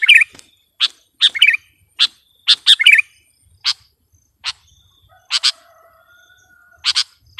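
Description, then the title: Sooty-headed bulbul giving short bubbly chirping phrases, mixed with sharp dry chips repeated throughout. "kutilang"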